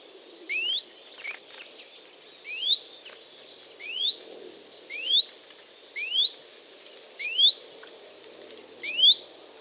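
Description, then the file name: Great tit calls: sharp rising upswept notes in small clusters, repeated several times, with thin high whistled notes. "Parus major"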